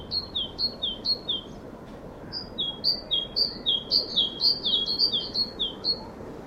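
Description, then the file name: Great tit singing: paired high and lower notes repeated in a brisk series, a brief gap, then a denser run of the same see-saw phrase. "Parus major"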